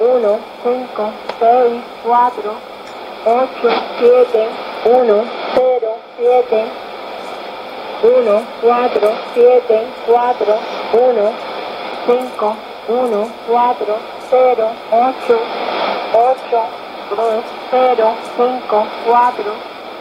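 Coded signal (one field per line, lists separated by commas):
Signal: numbers station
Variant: HM01, Spanish voice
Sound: voice reading digits in Spanish, short evenly spaced words over radio hiss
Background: radio static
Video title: 23 10 2015 Cuban Spy Numbers HM01 in Spanish 0700 on 9330 Bejucal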